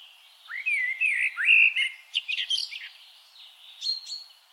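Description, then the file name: Eurasian blackbird song: one flowing, fluted warble that climbs into a rapid, scratchy high-pitched twitter, then a faint squeak. "Turdus merula"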